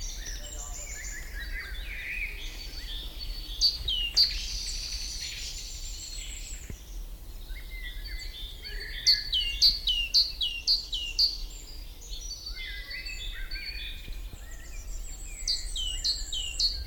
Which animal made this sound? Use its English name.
Great Tit